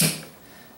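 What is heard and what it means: A finger lifts the plastic upper binding adjuster lever on a ski boot binding, and it lets go with one sharp snap at 0.0 s. The bright, broadband crack fades quickly into a quiet tail. The lever is released.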